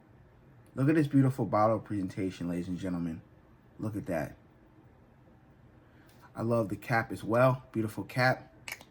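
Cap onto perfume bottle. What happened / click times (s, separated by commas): Cap handled on the bottle, not yet snapped home / none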